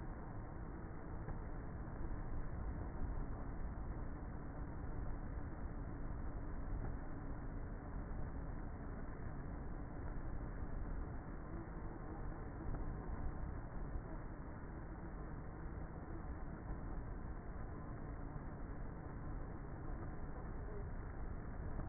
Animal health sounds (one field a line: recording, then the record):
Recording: honeybee colony, microphone inside the hive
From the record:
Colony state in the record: queenless with a low population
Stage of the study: before two queens were removed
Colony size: about 30,000 bees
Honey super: no